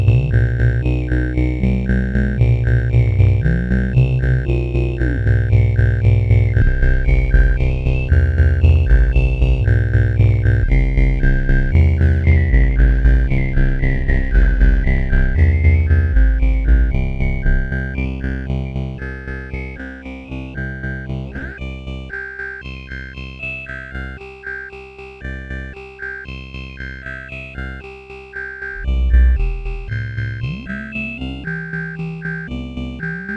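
A resonant bass drone with shifting tones and a busy rhythmic upper layer, loud at first, dropping quieter after twenty seconds, then swelling briefly near thirty.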